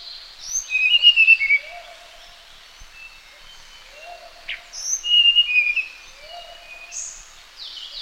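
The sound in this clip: Sulawesi blue flycatcher song: two bursts of high, sweet whistled phrases with quick warbling notes, separated by a pause of about three seconds, with more notes starting at the close.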